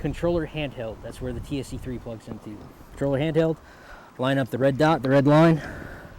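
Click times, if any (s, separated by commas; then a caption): none. A cable's round push-pull connector from a handheld controller is lined up, red dot to red line, with the port on a Trimble M7 GNSS receiver while setting up an RTK rover. Someone talks throughout, with no sharp sounds. Nothing has seated or clicked yet.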